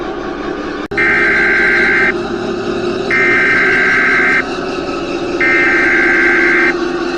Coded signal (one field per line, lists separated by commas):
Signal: Emergency Alert System (SAME) tones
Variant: header bursts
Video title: The Ultimate Derecho (EAS Mock)